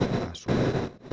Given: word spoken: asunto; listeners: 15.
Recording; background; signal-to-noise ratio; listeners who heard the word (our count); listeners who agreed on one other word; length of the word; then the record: one Spanish word in noise, from a listening test; noise modulated by one talker; -9.7 dB; 3 of 15; 9 of 15; 0.73 s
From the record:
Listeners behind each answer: 9, 3, 1, 1, 1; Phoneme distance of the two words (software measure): 34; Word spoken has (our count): 3 syllables, 6 phonemes, stress on syllable 2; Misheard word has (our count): 3 syllables, 6 phonemes, stress on syllable 2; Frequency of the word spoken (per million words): 103.85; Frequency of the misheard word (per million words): 23.85